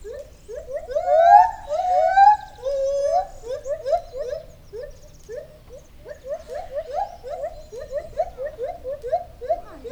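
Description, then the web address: White-handed gibbon singing loud, swooping rising notes at first, then a steady string of quicker short hoots rising and falling in pitch. Captive individual at Debrecen Zoo, Hungary, 2012; solo song; recorded with a Marantz recorder and shotgun microphone. "debrecenizoo 2012 premium feherkezugibbon"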